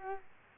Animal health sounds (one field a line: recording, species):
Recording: mosquito wingbeat signal from an infrared sensor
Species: Culex quinquefasciatus